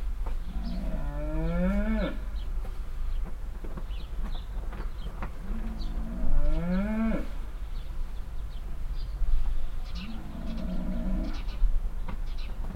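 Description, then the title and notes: Cow mooing: three long moos, the first two rising, with faint bird chirps and low background rumble. Cow at a farmstead near a willow in Heiderscheid, mooing constantly and loudly while moving behind a bush; birds nearby. "Heiderscheid - farmstead cow. At a farmstead nearby a willow. A constantly loud mooing cow and moves behind a bush. Other cows answer more silently"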